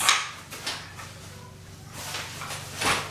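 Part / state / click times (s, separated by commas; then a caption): travel crib top rail joint locking into its frame / not seated / none. A travel crib's top rail ends are pushed up and handled at the joints, which are meant to lock into the frame, with soft rustling and brief handling bursts near 0.1, 0.7 and 2.9 seconds over a low hum. Nothing has seated or clicked yet, since the rail joint has not locked into place.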